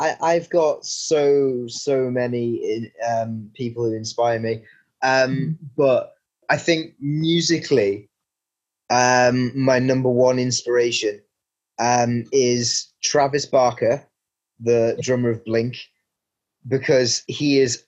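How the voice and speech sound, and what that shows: A man speaks fluently at a relaxed pace, with brief pauses and 'um' fillers; ordinary conversational speech.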